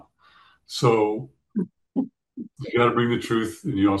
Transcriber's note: laughs